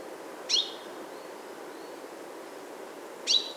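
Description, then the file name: Common chaffinch giving two sharp, high, abrupt call notes about three seconds apart over a low, even background hiss. "Fringilla coelebs"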